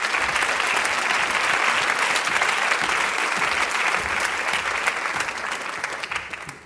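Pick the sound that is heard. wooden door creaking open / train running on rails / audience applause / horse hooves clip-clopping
audience applause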